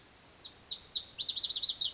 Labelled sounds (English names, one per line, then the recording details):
Lazuli Bunting
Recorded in Sonoma County, California